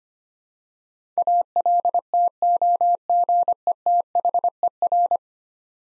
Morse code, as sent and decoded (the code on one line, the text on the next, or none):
.- .-.. - --- --. . - .... . .-.
ALTOGETHER